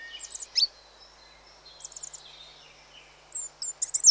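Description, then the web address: Goldcrest calls, thin and very high, given in quick clusters of three or four notes, with other birds' lower slurred whistles in between. Goldcrest with blackbird, wren and blue tit in the background; BBC sound effects recording. "Sound Effects-BBC goldcrest-with-blackbird-woodpigeon-wren-and-blue-tit-in-background"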